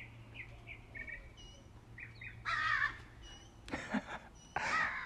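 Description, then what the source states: Birds calling: soft high chirps at first, then a few loud, rough caws and a sharp click, over a low steady hum. Birds singing in the morning.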